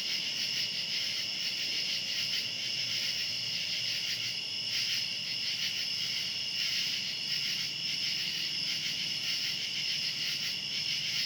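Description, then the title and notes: Unbroken cicada buzzing, many insects together making a bright, high, sizzling drone with small rhythmic surges in loudness. Outdoors at night. "Ext. Cicadas, Night by Bandeto"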